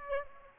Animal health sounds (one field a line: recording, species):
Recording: mosquito wingbeat signal from an infrared sensor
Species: Aedes aegypti